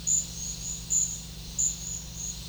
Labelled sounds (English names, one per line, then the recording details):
none
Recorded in pastures near Puerto Asís, Putumayo, Colombia, on 8 March 2025 at 11:30
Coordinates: 0.502, -76.324
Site GP07